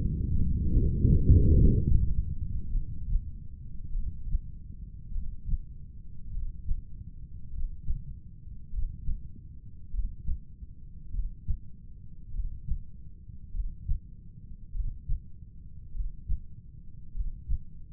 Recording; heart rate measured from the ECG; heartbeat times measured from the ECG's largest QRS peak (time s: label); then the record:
heart sounds by stethoscope; 50 bpm
0.34 s: heartbeat
1.54 s: heartbeat
2.75 s: heartbeat
3.95 s: heartbeat
5.15 s: heartbeat
6.35 s: heartbeat
7.55 s: heartbeat
8.75 s: heartbeat
9.95 s: heartbeat
11.15 s: heartbeat
12.35 s: heartbeat
13.55 s: heartbeat
14.75 s: heartbeat
15.95 s: heartbeat
17.16 s: heartbeat
From the record:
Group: heart failure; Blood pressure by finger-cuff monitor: 97/56 mmHg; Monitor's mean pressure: 66 mmHg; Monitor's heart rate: 50 bpm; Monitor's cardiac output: 4 L/min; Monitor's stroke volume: 80 mL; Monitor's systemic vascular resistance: 1260 dyn s/cm5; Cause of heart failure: cardiac sarcoid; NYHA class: 1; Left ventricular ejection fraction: 39%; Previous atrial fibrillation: present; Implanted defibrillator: present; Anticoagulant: apixaban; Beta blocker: carvedilol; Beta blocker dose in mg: 50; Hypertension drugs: ramipril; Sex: male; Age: 79 years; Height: 184 cm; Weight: 92.5 kg